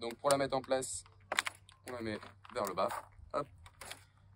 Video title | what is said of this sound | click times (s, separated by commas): [REMORQUE DE VÉLO MAÏNA] - Comment installer la bague de serrage adaptée à la béquille | elle se clipse bien à 90° à la verticale ça | 3.8 s, 3.9 s